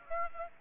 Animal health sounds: mosquito wingbeat signal from an infrared sensor; Aedes aegypti

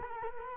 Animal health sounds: mosquito wingbeat signal from an infrared sensor; Culex quinquefasciatus

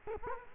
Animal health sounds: mosquito wingbeat signal from an infrared sensor; Culex quinquefasciatus

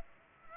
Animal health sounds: mosquito wingbeat signal from an infrared sensor; Culex pipiens

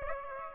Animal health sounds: mosquito wingbeat signal from an infrared sensor; Aedes aegypti

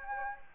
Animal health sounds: mosquito wingbeat signal from an infrared sensor; Anopheles gambiae

